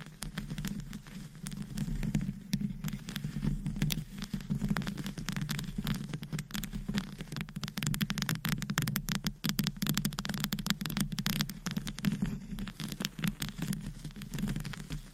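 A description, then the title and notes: Fast, aggressive tapping and scratching with nails, dense, with sharp clicks crowding together almost without pause for the whole stretch. A steady low hum sits underneath, and the crisp scratches reach high while the overall level stays fairly constant. ASMR Fast & Aggressive Tapping & Scratching with Different Mics Items & Nails No Talking.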